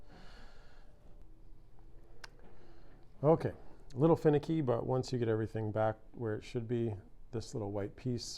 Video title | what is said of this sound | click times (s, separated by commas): Replace battery Mazda key fob HD 1080p | first on like the spring-loaded side there and then it just snaps into place like that | 2.2 s